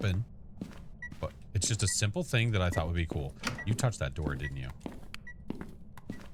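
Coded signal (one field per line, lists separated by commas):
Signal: none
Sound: game sound effect beeps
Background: speech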